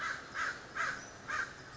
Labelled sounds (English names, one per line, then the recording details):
American Crow
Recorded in Sonoma County, California